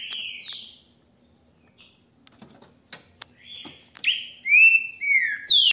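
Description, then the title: Green-winged saltator song: a few loud whistled notes sliding downward near the end, after a quiet stretch filled with tapping and clicking sounds. Recorded with a mobile phone held in hand. "GRAVEI COM CELULAR NA MÃO, trinca ferro canto lindo"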